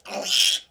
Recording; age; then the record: pig call; piglet (1 to 25 days)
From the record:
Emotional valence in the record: negative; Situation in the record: restrain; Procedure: back test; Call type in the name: high-frequency call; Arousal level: medium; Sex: female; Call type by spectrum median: high-frequency call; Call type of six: high-frequency stable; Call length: 0.71 s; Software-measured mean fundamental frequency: 274 Hz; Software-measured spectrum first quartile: 2982 Hz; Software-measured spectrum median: 3923 Hz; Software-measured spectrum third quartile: 5960 Hz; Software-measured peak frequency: 3221 Hz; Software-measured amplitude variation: 173 dB a second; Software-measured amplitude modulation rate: 20.4 a second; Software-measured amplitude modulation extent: 8.5 dB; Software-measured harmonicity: 2.7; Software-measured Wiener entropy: -2.00